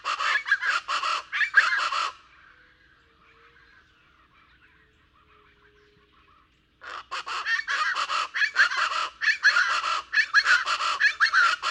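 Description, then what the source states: Plain Chachalaca duet, harsh rhythmic cackles for two seconds, a quiet gap of several seconds, then a long burst of loud repeated raucous notes. Pair duetting raucously in a close-up recording, the female answering the male with her higher-pitched part; lower Rio Grande Valley, Texas.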